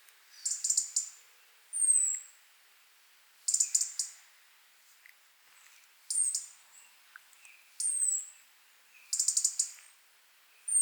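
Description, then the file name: European robin calls: bursts of sharp ticking clicks alternating with thin, high, falling whistles, several groups across the stretch. "Erithacus rubecula"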